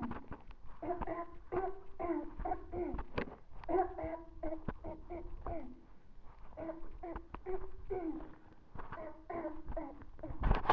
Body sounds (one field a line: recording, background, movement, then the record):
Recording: throat clearing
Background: quiet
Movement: walking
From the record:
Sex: female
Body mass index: 18.8 kg/m2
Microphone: on the chest, facing the body